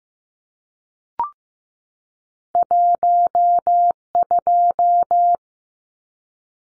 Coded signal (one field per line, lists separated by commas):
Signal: Morse code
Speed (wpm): 15 wpm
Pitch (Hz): 700 Hz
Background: none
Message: 12